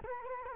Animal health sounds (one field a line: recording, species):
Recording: mosquito wingbeat signal from an infrared sensor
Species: Culex quinquefasciatus